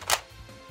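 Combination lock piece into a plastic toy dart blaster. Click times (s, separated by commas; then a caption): 0.1 s. The plastic combination lock piece of an X-Shot Lever-action Lock Blaster toy dart blaster, set to the code 1-6-1, is pushed into place. A single sharp click sounds at 0.1 s, followed by a quiet low hum. The lock piece clicks in and is seated.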